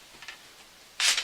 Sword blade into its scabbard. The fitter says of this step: you see that like it locks in place place that's an improvement over that I can tell you that right now